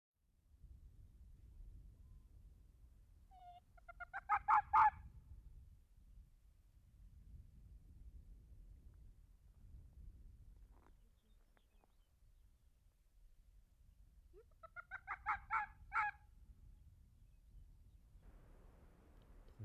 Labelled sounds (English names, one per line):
Arctic Fox barking